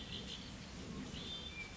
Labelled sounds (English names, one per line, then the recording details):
Red-winged Blackbird
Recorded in Sonoma County, California